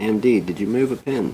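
A processor is being test-fitted into a motherboard socket after a worry that the pin layout differs. Someone talks throughout the clip, and no handling sounds stand out. Nothing has seated or clicked yet.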